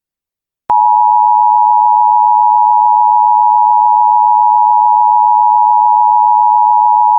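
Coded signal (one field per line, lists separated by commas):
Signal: Emergency Alert System (SAME) tones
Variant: 853 and 960 Hz attention tone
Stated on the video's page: Fictional alert scenario; tones may or may not be valid.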